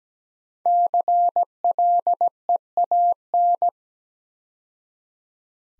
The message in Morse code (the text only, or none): CLEAN